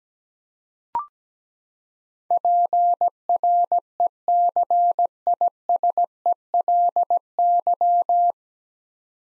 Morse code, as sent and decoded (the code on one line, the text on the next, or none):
.--. .-. . -.-. .. ... . .-.. -.--
PRECISELY